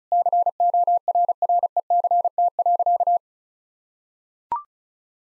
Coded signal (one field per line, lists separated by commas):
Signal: Morse code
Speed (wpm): 34 wpm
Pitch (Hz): 700 Hz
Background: none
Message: CORRECT.